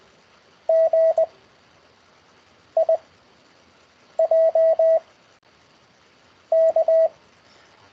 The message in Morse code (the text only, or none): G I J K